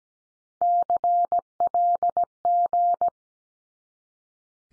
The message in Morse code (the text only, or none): CLG